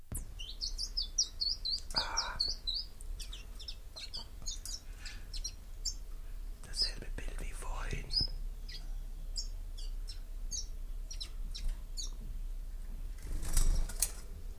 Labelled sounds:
Common Chiffchaff song

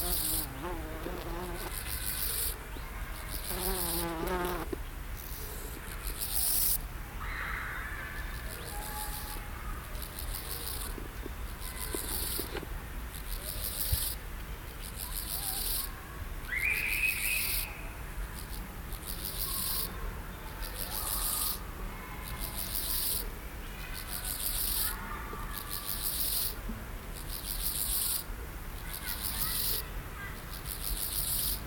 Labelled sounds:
Steppe Grasshopper stridulation

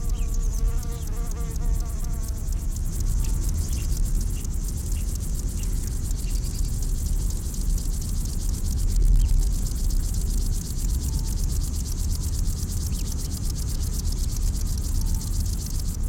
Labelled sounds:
Upland Field Grasshopper stridulation

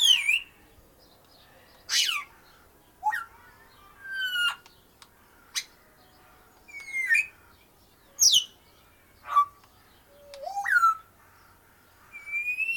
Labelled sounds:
Grey Parrot call

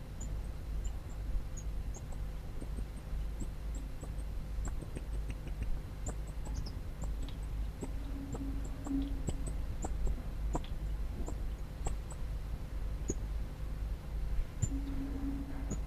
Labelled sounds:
Golden Lion Tamarin call

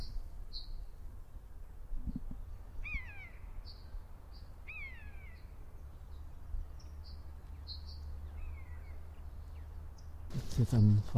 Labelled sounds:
Common Buzzard call

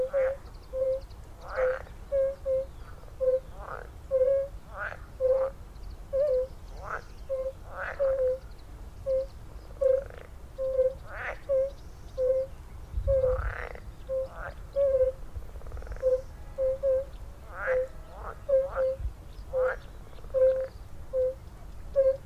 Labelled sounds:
Fire-Bellied Toad call

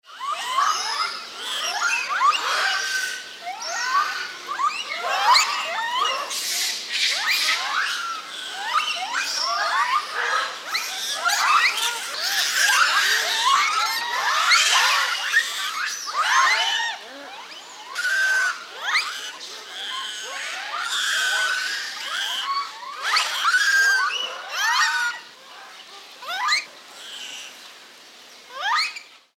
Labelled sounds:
Japanese Macaque

